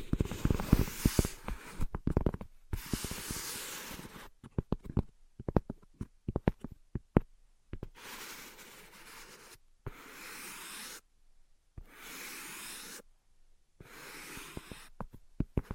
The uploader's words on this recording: ASMR Invisible Tapping and Scratching (No Talking).